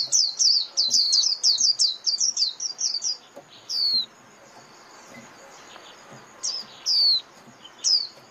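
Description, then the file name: White-eye: a three-second run of fast, high, thin downslurred chirps, followed by sparse single slurred notes at irregular intervals. Lure call (mồi) used for trapping white-eyes. "Tieng khuyen moi"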